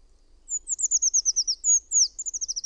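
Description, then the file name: Eurasian treecreeper song: two very high, thin phrases of quick notes slipping downward in pitch. "PUUKIIPIJA"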